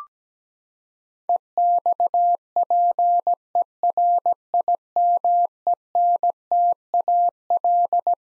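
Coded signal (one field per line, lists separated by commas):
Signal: Morse code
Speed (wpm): 17 wpm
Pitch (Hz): 700 Hz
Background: none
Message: EXPERIMENTAL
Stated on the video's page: Head-copy practice of twelve-letter words at 17wpm; each word is sent in Morse, then spoken, then sent again.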